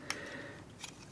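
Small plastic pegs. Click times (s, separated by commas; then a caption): 0.1 s, 0.8 s. The missile launchers on a plastic Transformers GO! Shinobi Team Sensuimaru transforming toy are folded out and pegged into the toy's body. Two short plastic clicks are heard, one for each launcher, at 0.1 s and 0.8 s. Both launchers peg into place and are seated.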